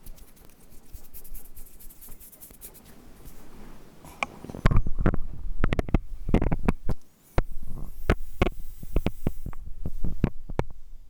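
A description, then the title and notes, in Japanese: Ear cleaning begins with soft, muffled rubbing, then turns to sharp, crackly scrapes and clicks after a brief pause near seven seconds. 耳かき。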